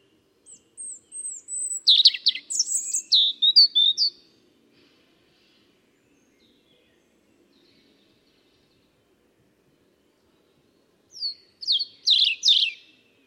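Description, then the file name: European robin song: a few thin, high, piping notes leading into a jumbled sparkling warble, silence for several seconds, then another brief tinkling phrase. "Erithacus rubecula"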